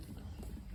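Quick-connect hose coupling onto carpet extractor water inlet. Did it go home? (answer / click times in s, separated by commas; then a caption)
no / none. A quick-connect fitting, its collar pulled back, is being pushed onto the water hose coupling of a carpet extractor. Only low, rumbling handling noise is heard, with no sharp click. Nothing has seated or clicked yet.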